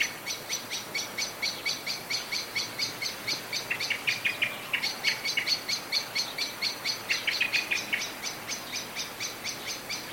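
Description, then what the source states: Blackbird alarm: a nearly continuous stream of quick, sharp chinking notes, about two a second, with slight shifts in pitch midway. Anxious calling.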